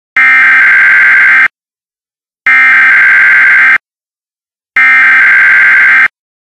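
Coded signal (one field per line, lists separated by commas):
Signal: Emergency Alert System (SAME) tones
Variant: header bursts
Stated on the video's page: Mock Required Monthly Test.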